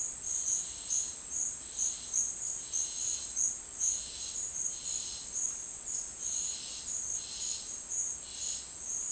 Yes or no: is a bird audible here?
no